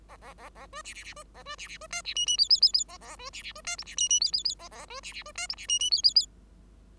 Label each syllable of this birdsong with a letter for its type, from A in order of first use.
A A A A B C C C B A B C C B D C E E F F F F A A B C C B D G C E F F F A A B C C B D G C E E F F F